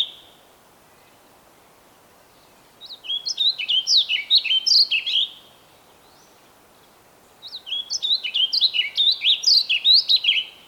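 Bird song after a short opening note: two phrases of fast, chirpy whistles, each about three seconds long, with a short gap between them.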